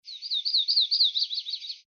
Sound recording of a Yellow-rumped warbler, Grand Teton National Park, Wyoming.